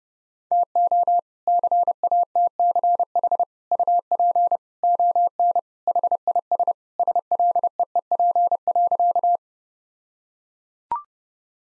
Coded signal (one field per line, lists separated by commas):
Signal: Morse code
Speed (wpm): 28 wpm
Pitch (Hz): 700 Hz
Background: none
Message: TO CATCH UP ON HIS SLEEP.